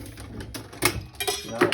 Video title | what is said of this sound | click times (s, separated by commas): MEC 9000 - .410 Bore Reloading | Now it's locked into place, so | 1.6 s, 1.7 s